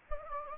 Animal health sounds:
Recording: mosquito wingbeat signal from an infrared sensor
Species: Anopheles gambiae

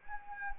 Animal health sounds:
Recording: mosquito wingbeat signal from an infrared sensor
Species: Anopheles arabiensis

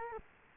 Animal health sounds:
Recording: mosquito wingbeat signal from an infrared sensor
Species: Culex quinquefasciatus

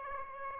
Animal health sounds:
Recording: mosquito wingbeat signal from an infrared sensor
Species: Aedes aegypti

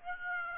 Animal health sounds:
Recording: mosquito wingbeat signal from an infrared sensor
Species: Aedes aegypti

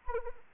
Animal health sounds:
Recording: mosquito wingbeat signal from an infrared sensor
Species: Anopheles arabiensis

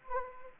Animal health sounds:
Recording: mosquito wingbeat signal from an infrared sensor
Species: Anopheles arabiensis

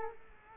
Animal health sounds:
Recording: mosquito wingbeat signal from an infrared sensor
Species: Culex quinquefasciatus

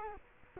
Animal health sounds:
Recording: mosquito wingbeat signal from an infrared sensor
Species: Culex quinquefasciatus

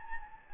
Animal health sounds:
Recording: mosquito wingbeat signal from an infrared sensor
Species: Anopheles gambiae

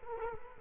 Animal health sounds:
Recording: mosquito wingbeat signal from an infrared sensor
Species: Culex quinquefasciatus

